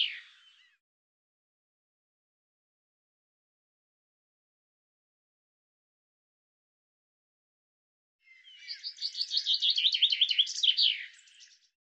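Bird song: a brief fragment opens, then long silence, followed by a three-second burst of rapid, high chirps.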